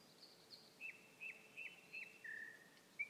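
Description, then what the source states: Nightingale song phrase: a run of four short, clipped whistled notes at a steady pitch, ending on a longer flat note. Nightingale song recorded on 21 May 2016.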